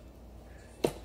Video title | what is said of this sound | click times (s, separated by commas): Add on Seat Assembly for EVOLV Tour 2 0 and Tour XL | to lock everything firmly down there | 0.8 s